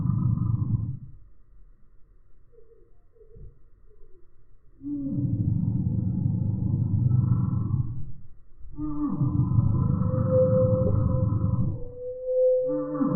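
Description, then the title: Eurasian bullfinch threat call, greatly slowed, heard as long low roaring bursts separated by quiet gaps, with a faint tonal line above. Male threatening at a feeding station while perched on the recordist's hand held out a window; other birds wait until bullfinches leave; smartphone, 8x slow motion. "Gimpel channelt seinen inneren Tyrannosaurus Rex (8-fache Zeitlupe)"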